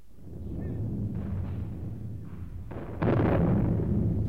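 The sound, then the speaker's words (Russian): Artillery fire from the war front rumbles like thunder: a steady low roll broken by several deep booms, with a louder, heavier blast about three seconds in that keeps rolling to the end. “Что это? Гром! Это фронт, Галя.”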